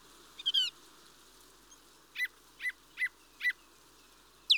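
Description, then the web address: Mistle thrush with a brief rattling burst, then a series of four short harsh notes at even spacing and a final sharp call, against a hissy background. "BBC Sound Effects Library Birds Mistle Thrush (Turdus Viscivorus)"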